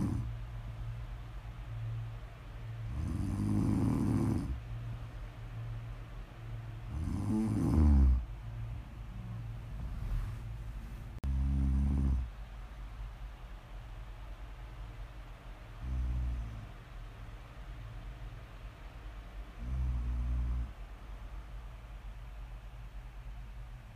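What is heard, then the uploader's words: Snoring in slow, irregular breaths, louder rasping snores near 3, 7, 11, 16 and 20 seconds over a steady low hum. ASMR Snoring.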